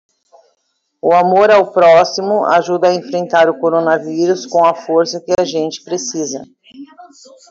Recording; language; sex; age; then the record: spoken sentence; Brazilian Portuguese; female; 40 to 49 years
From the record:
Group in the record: control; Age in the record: 40 years